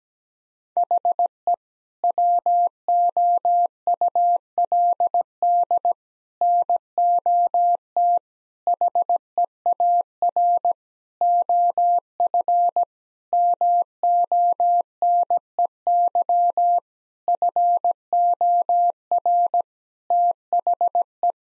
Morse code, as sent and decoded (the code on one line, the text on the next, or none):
.... . / .-- --- ..- .-.. -.. / -. --- - / .... . .- .-. / --- ..-. / -- --- -. . -.-- / ..-. --- .-. / - .... .
HE WOULD NOT HEAR OF MONEY FOR THE